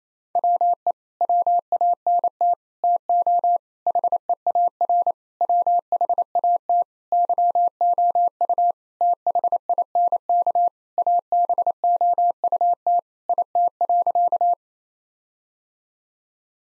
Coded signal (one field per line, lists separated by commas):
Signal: Morse code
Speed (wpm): 28 wpm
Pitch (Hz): 700 Hz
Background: none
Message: WE WANT TO HEAR WHAT YOU THINK ABOUT IT.